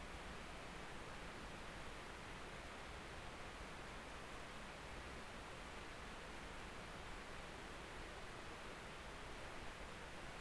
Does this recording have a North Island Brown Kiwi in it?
no